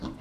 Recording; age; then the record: pig call; growing-finishing pig (85 days or more)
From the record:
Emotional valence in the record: positive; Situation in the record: enriched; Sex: male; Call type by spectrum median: low-frequency call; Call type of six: low-frequency stable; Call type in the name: low-frequency stable, not sure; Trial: 1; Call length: 0.21 s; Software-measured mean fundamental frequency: 58 Hz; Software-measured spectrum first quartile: 208 Hz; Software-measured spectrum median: 355 Hz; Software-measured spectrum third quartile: 1182 Hz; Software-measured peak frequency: 252 Hz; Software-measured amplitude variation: 111 dB a second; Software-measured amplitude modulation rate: 26.5 a second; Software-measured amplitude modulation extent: 4.2 dB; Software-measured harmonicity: 0.1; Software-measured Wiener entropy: -1.06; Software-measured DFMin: 880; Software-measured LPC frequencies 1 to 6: 1076, 3451, 4144, 5496, 7143, 9304 Hz